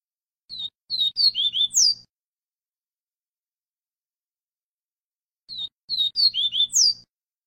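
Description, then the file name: Double-collared seedeater song, the same short run of slurred whistles given twice, about five seconds apart, with silence between. Song of the 'viviti' type. "Canto do papa capim viviti"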